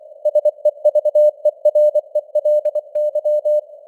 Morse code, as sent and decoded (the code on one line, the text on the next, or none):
... . ...- . .-. . .-.. -.--
SEVERELY